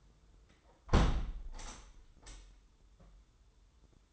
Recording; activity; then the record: daily activity, microphone in the room; close window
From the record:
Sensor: 3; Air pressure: 995.7 hPa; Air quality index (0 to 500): 90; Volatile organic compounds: 10 ppm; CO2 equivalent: 2227 ppm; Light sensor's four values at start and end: 27/82/35/30 and 27/82/34/30